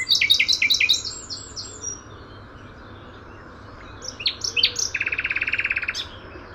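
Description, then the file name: Common nightingale delivering quick descending chirps, a pause, then rising notes and a fast, evenly repeated rattling trill. "Luscinia megarhynchos"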